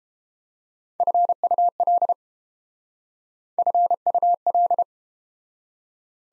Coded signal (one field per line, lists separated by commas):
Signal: Morse code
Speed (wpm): 29 wpm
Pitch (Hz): 700 Hz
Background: none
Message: FUL FUL